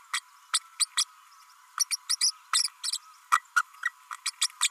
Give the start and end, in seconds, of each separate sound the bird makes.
0.13-0.20, 0.53-0.60, 0.80-0.86, 0.97-1.04, 1.79-1.85, 1.90-1.96, 2.09-2.16, 2.20-2.31, 2.53-2.68, 2.83-2.91, 3.31-3.41, 3.56-3.62, 3.85-3.91, 4.11-4.16, 4.26-4.31, 4.61-4.70